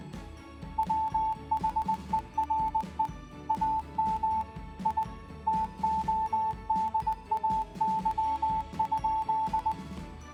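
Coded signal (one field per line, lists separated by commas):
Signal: Morse code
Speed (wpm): 20 wpm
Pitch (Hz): 880 Hz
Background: music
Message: WHERE AM I TODAY?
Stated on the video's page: Morse tones made with an online Morse code generator, used in a biology lesson.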